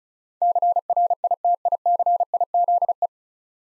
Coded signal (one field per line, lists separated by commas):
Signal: Morse code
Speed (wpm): 33 wpm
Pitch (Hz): 700 Hz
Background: none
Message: CRITICIZE